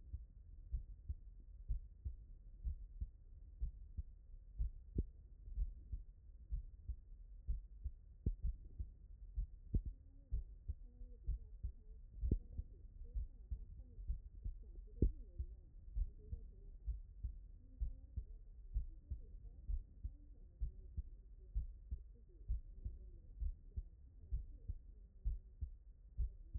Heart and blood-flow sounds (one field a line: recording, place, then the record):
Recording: heart sounds by stethoscope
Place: tricuspid valve (TV)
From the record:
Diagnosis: non-HFrEF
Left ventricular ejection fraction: 62%